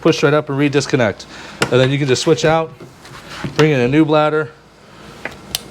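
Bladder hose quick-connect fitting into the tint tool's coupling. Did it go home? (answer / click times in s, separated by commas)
yes / 5.2 s, 5.5 s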